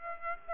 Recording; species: mosquito wingbeat signal from an infrared sensor; Aedes aegypti